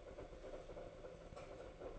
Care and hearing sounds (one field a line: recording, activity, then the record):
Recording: daily activity, microphone in the room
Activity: make coffee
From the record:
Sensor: 5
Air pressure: 1009.5 hPa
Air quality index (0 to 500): 167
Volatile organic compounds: 4 ppm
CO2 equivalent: 1623 ppm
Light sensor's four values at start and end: 95/251/103/109 and 95/251/102/108